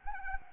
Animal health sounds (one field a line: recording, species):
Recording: mosquito wingbeat signal from an infrared sensor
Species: Anopheles gambiae